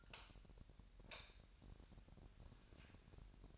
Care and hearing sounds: daily activity, microphone in the room; light on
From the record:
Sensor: 2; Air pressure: 1011.8 hPa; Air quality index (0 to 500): 212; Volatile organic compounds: 3 ppm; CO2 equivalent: 1494 ppm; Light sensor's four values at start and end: 11/25/11/11 and 15/42/17/17

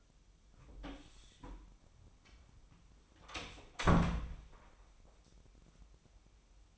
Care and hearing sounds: daily activity, microphone in the room; close door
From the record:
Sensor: 1

